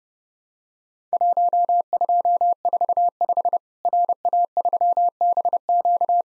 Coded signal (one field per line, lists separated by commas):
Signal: Morse code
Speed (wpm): 30 wpm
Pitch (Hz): 700 Hz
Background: none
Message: 1245 RA3BQ